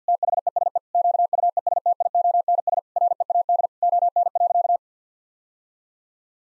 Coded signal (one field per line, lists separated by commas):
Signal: Morse code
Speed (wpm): 50 wpm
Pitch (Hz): 700 Hz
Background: none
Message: THESE QUESTIONS READ ON.